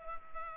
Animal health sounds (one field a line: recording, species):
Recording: mosquito wingbeat signal from an infrared sensor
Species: Culex pipiens